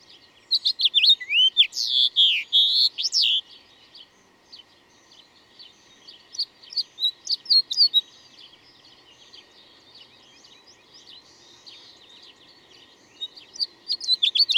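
Bird song opens with loud swooping whistles and chirps, then softer scattered twitters and a final burst of high chirps.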